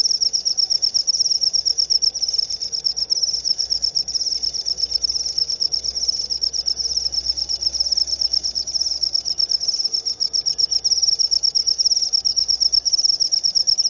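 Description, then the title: Cricket chirping as a fast, continuous high trill with a steady pulsing rhythm over a faint low hum and light background noise. Loud cricket chirping used to prompt lovebirds into continuous ngekek chattering song. "Suara JANGKRIK NGERIK Keras Bikin LOVEBIRD Jadi NGEKEK Terus Vubey"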